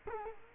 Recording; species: mosquito wingbeat signal from an infrared sensor; Culex quinquefasciatus